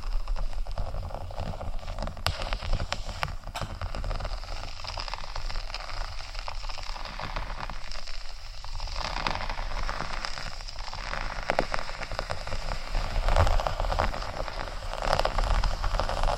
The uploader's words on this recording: ASMR Faux Leather Scratching（No Talking）.